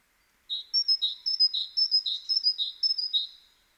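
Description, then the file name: Great tit repeating a bright high-low note pair six or seven times at an even pace, starting after a brief silence. "Parus major"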